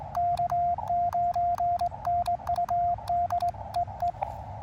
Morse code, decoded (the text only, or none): K9NUD EE